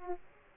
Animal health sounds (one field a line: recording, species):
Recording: mosquito wingbeat signal from an infrared sensor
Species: Aedes aegypti